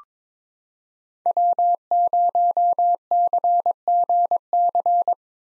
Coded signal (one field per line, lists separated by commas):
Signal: Morse code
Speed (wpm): 22 wpm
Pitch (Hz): 700 Hz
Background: none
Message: W0CGC